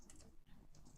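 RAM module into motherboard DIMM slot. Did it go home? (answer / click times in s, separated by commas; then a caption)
no / none. A RAM module is being handled and pushed toward a motherboard DIMM slot, the plastic retention latches still open. Only faint handling noise is heard, with a small tap near 0.1 s. Nothing has seated or clicked yet.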